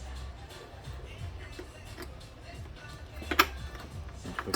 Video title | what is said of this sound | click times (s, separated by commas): Kia Sorento: The Most Complicated Tow Harness Install Ever made easy | hear the click. Now we | 3.4 s